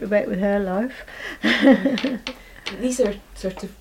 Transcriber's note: laughs